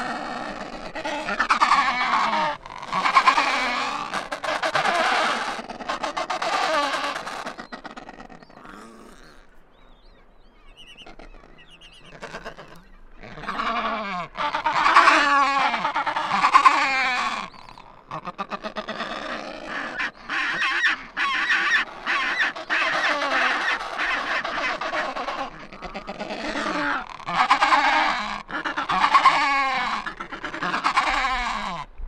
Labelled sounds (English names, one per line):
Adelie Penguin call